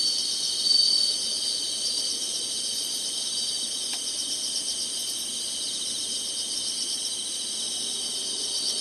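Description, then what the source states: Insects sing in a steady high shimmering chorus; a short thin whistle sounds near the start and a single sharp click midway. Singing, in summer.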